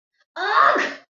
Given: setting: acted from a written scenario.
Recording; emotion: vocal sound without words; embarrassment